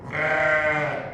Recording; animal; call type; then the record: contact call of a hoofed animal; sheep; low-frequency (closed-mouth) or high-frequency (open-mouth) call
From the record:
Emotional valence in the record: positive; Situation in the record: reunion with pen mate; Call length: 1.13 s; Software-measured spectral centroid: 1630 Hz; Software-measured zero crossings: 2360 a second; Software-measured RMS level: -24 dBFS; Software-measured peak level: -10 dBFS